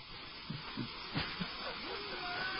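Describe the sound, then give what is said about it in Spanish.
A fizzy soft drink hisses steadily as it's opened, a soft continuous fizz broken by a few dull low knocks and one brief sharp crackle partway through. “En cuanto a lo de gas, me refiero al refresco.”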